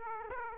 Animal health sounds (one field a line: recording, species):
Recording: mosquito wingbeat signal from an infrared sensor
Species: Aedes aegypti